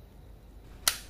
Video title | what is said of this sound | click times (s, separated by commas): 小日子的插头还有孔，配上它的插座，好用，我们怎么不学呢 | You can hear a click | 0.9 s